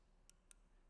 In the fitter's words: Once we're close, use the ratchet stop in the back to run it down till you hear a couple clicks.